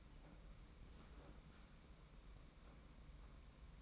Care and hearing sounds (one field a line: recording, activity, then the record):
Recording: daily activity, microphone in the room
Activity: open fridge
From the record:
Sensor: 1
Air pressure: 991.8 hPa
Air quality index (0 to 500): 205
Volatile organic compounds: 1000 ppm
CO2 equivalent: 7919 ppm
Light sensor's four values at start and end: 28/101/38/39 and 28/101/38/39